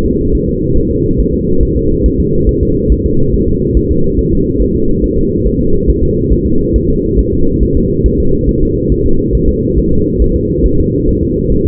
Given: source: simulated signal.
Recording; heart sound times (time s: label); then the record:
fetal heart sounds
0.06 s: S2
0.35 s: S1
0.49 s: S2
0.78 s: S1
0.91 s: S2
1.20 s: S1
1.34 s: S2
1.63 s: S1
1.77 s: S2
2.06 s: S1
2.20 s: S2
2.49 s: S1
2.63 s: S2
2.92 s: S1
3.06 s: S2
3.34 s: S1
3.48 s: S2
3.77 s: S1
3.91 s: S2
4.19 s: S1
4.33 s: S2
4.62 s: S1
4.75 s: S2
5.04 s: S1
5.18 s: S2
5.47 s: S1
5.60 s: S2
5.89 s: S1
6.03 s: S2
6.32 s: S1
6.47 s: S2
6.76 s: S1
6.90 s: S2
7.19 s: S1
7.33 s: S2
7.63 s: S1
7.77 s: S2
8.06 s: S1
8.20 s: S2
8.49 s: S1
8.63 s: S2
8.92 s: S1
9.06 s: S2
9.35 s: S1
9.49 s: S2
9.78 s: S1
9.92 s: S2
10.22 s: S1
10.36 s: S2
10.66 s: S1
10.80 s: S2
11.09 s: S1
11.23 s: S2
11.52 s: S1
11.66 s: S2
From the record:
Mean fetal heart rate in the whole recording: 140 bpm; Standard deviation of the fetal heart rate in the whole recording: 2 bpm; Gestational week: 34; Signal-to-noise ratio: -16.4 dB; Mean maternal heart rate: 72 bpm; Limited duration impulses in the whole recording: present